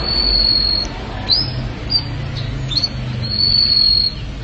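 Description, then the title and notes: Canary song: long high steady whistles separated by brief chirps, over a constant low hum. "BM Suara Kenari. BM Suara Burung Kenari"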